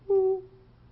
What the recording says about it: Inspiratory wheezes, which happens when a person breathes in. So if they're inspiratory, usually they happen right at the very top of the breath. So you'll hear the person breathe in, and then right at the end you'll hear it go.